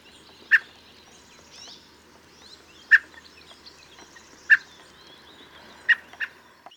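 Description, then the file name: Common blackbird giving a few sharp, clicking chuck notes spaced irregularly over several seconds, with faint twittering of other birds behind. "Turdus merula"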